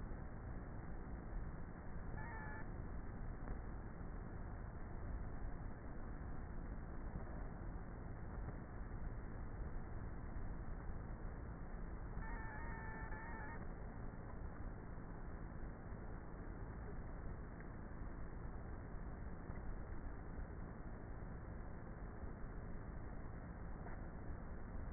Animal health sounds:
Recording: honeybee colony, microphone inside the hive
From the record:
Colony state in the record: queenless with a low population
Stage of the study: before two queens were removed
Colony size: about 30,000 bees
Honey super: no

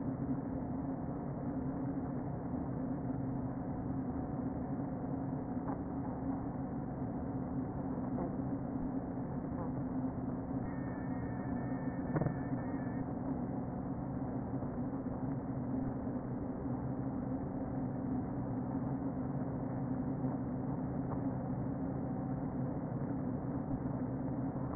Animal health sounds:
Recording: honeybee colony, microphone inside the hive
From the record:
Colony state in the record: queen present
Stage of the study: before two queens were removed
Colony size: about 60,000 bees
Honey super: yes

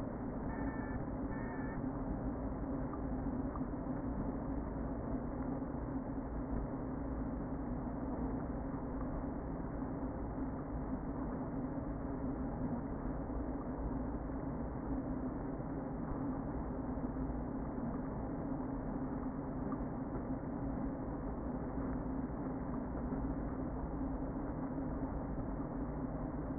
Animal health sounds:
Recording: honeybee colony, microphone inside the hive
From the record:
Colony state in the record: queen present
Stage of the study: before two queens were removed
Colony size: about 60,000 bees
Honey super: yes

